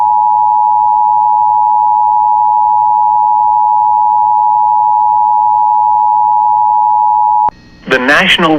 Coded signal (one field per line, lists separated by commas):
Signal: Emergency Alert System (SAME) tones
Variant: 853 and 960 Hz attention tone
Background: speech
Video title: [EAS] Tornado Warning for Northern Clearwater County and West Central Beltrami County